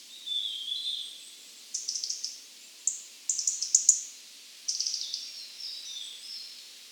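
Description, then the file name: European robin song: a high thin whistle, then quick clusters of sharp ticking notes and a trailing sweet warble, all in short bursts. "Erithacus rubecula"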